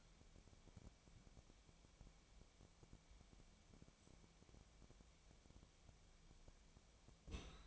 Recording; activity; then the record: daily activity, microphone in the room; wipe stove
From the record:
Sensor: 1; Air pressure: 1007.1 hPa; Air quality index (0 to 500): 204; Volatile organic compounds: 22 ppm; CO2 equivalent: 2757 ppm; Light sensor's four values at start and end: 13/32/13/14 and 13/32/13/14